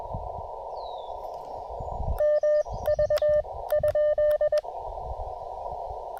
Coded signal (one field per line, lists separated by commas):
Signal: Morse code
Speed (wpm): 20 wpm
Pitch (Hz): 590 Hz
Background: radio noise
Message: MV ?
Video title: On the Air Before the Downpour: Real-Time QRP POTA at Cap Tourmente!